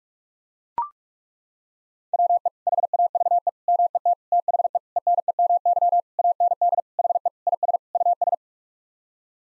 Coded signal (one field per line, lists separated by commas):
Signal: Morse code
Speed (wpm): 42 wpm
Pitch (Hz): 700 Hz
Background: none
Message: WE HAVE MET THE ENEMY AND HE IS US